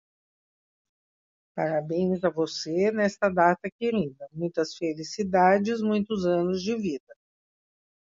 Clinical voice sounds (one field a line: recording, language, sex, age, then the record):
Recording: short text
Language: Brazilian Portuguese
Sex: female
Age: 60 to 69 years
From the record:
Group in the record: control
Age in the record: 68 years